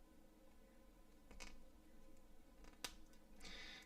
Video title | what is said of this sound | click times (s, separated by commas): LIVE Build: HG Zaku Police from GQUUUUUUX Gundam series | Click into place. | 2.8 s